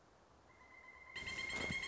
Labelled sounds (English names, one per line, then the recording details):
Pileated Woodpecker
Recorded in Sonoma County, California